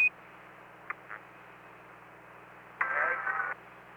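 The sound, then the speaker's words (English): Over steady radio hiss on a Skylab space station transmission, a brief high beep opens, two soft blips follow, then the station's louder warbling solar flare alarm tone bursts out for under a second and cuts off. “That transmission coincided with our flare alarm for some reason.”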